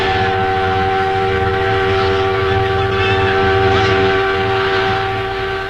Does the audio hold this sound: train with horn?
yes